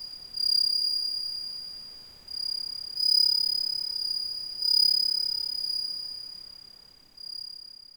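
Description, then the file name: Bell cricket song: repeated high tinkling trills beginning at uneven intervals, each fading before the next. "suzumushi"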